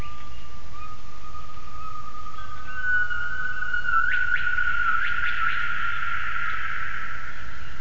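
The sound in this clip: Gibbon calls: a long whistled tone that rises slightly, then a run of quick upswept whistled notes, over steady low background rumble.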